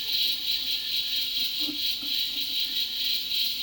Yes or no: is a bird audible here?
no